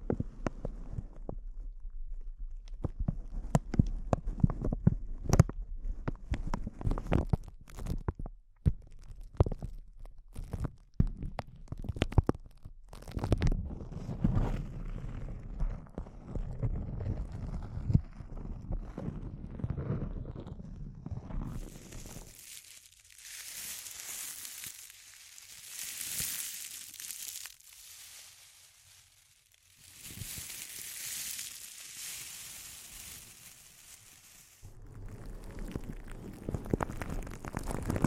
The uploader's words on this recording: ASMR Intense Close-Up Crinkles (No Talking).